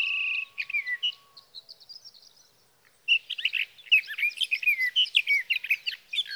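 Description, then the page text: Sage thrasher song: an opening burst of warbled notes, a quieter thin passage and brief pause, then a loud resumption of fast, scratchy warbling. Male singing through the night near his night roost, evening of June 12 to morning of June 15, 2018, Sierra Valley, California; recorded with a Swift recorder. "61. Sage thrasher songs, through the night."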